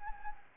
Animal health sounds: mosquito wingbeat signal from an infrared sensor; Anopheles gambiae

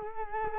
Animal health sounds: mosquito wingbeat signal from an infrared sensor; Culex quinquefasciatus

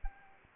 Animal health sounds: mosquito wingbeat signal from an infrared sensor; Anopheles arabiensis

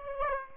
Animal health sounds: mosquito wingbeat signal from an infrared sensor; Aedes aegypti

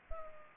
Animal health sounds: mosquito wingbeat signal from an infrared sensor; Anopheles arabiensis

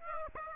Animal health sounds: mosquito wingbeat signal from an infrared sensor; Aedes aegypti

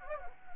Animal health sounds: mosquito wingbeat signal from an infrared sensor; Anopheles gambiae

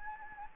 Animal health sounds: mosquito wingbeat signal from an infrared sensor; Anopheles gambiae

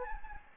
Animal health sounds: mosquito wingbeat signal from an infrared sensor; Anopheles gambiae

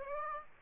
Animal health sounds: mosquito wingbeat signal from an infrared sensor; Aedes aegypti

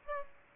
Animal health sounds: mosquito wingbeat signal from an infrared sensor; Aedes aegypti

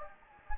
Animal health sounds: mosquito wingbeat signal from an infrared sensor; Anopheles gambiae

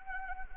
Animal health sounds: mosquito wingbeat signal from an infrared sensor; Anopheles arabiensis

